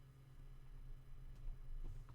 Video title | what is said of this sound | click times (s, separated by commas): Moomin Trolls!! Lets look at this kit.... Stage 1 and 2 | yeah, it does not. There is no clicking. | none